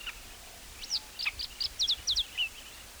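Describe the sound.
A lark gives a quick series of high, sharp chirps, ending on a lower short note.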